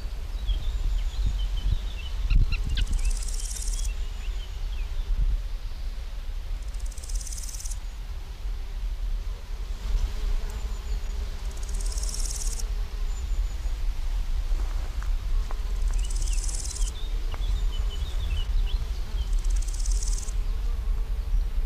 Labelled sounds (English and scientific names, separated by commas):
Large Gold Grasshopper (Chrysochraon dispar) stridulation